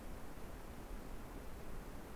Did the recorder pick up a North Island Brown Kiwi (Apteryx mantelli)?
no